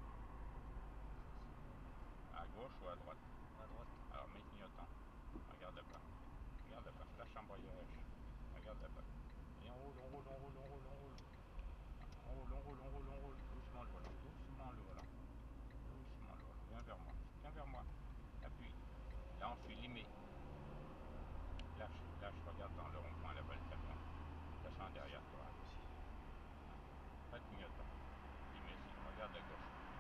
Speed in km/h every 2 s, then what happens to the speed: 38, 34, 31, 26, 21, 25, 29, 27, 26, 37, 43, 40, 38, 34, 29.
0-8 slows to 21. 8-16 steady at about 26. 16-19 speeds up to 43. 19-30 slows to 29.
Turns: none.